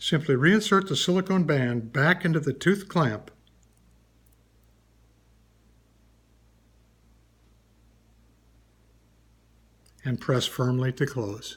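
A silicone medical alert bracelet band is slid back into the open tooth clamp of the bracelet clasp and positioned before the clamp is pressed shut. Someone talks at the start and the end, and in the quiet between there are only a few faint handling noises. Nothing has clicked or locked yet.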